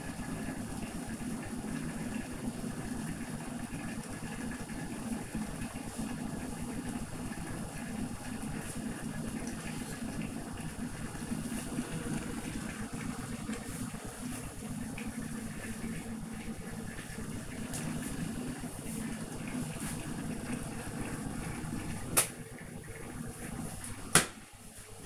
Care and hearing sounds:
household activities, microphone on the right wrist
0.00-25.06 s: making tea

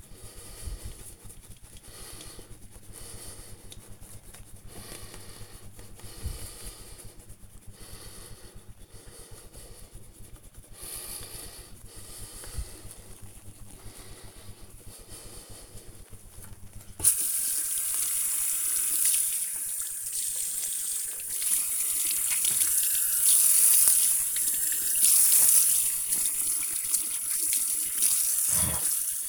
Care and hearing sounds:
household activities, microphone on the right wrist
0.00-29.29 s: brushing teeth

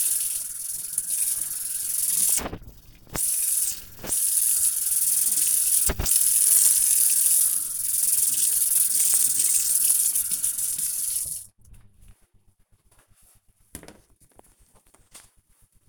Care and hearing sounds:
household activities, microphone on the right wrist
0.00-11.90 s: washing dishes

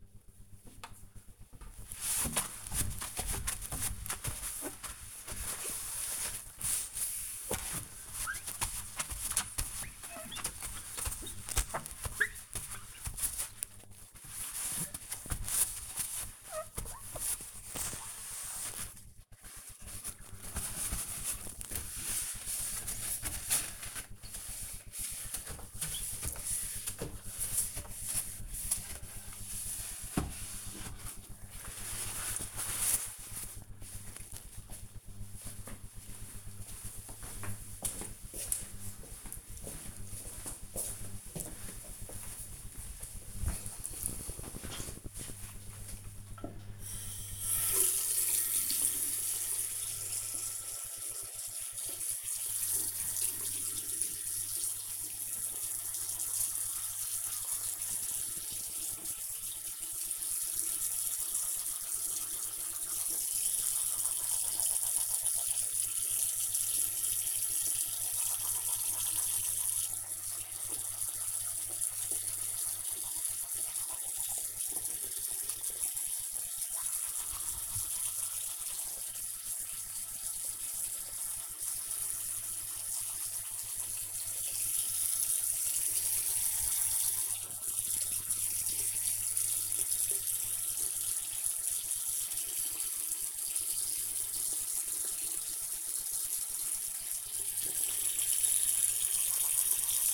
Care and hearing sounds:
household activities, microphone on the right wrist
0.00-32.06 s: window cleaning
45.14-100.14 s: brushing teeth

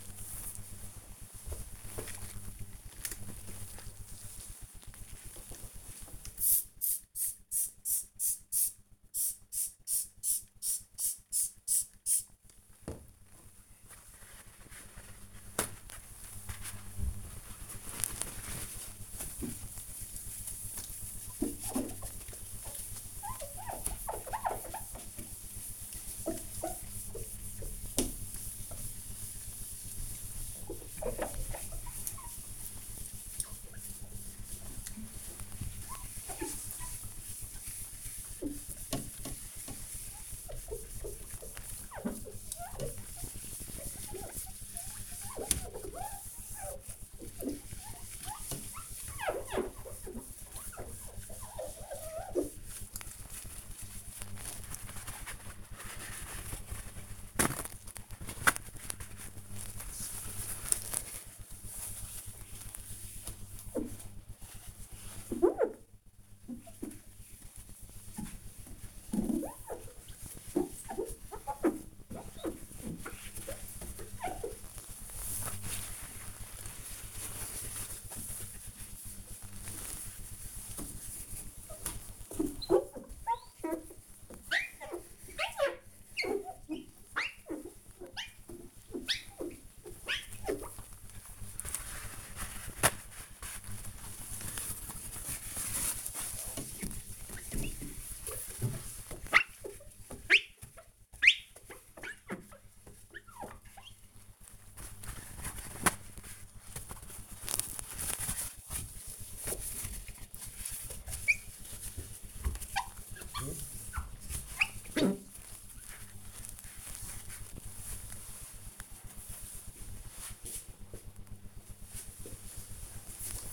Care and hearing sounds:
household activities, microphone on the right wrist
3.76-116.58 s: window cleaning

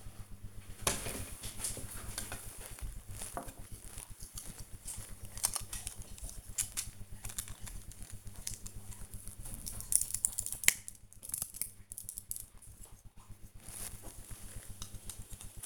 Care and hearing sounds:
household activities, microphone on the right wrist
0.00-10.72 s: building with lego

